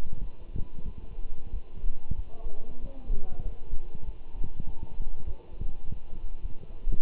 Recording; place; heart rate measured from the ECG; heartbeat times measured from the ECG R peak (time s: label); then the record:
heart sounds by stethoscope; between the tricuspid and mitral areas; 97 bpm
0.21 s: heartbeat
0.85 s: heartbeat
1.52 s: heartbeat
2.16 s: heartbeat
2.81 s: heartbeat
3.44 s: heartbeat
4.06 s: heartbeat
4.67 s: heartbeat
5.26 s: heartbeat
5.85 s: heartbeat
6.42 s: heartbeat
7.00 s: heartbeat
From the record:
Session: walking at 3.7 km/h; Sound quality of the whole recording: good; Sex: male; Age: 24 years